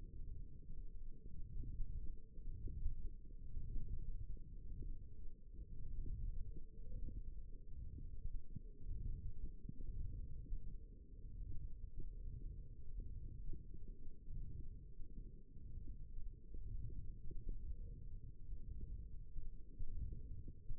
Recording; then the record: forearm muscle sounds (acoustic myography)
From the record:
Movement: wrist flexion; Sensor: system 1, eight BSWA MPA416 microphones around the upper forearm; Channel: 2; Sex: female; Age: 21 years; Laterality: right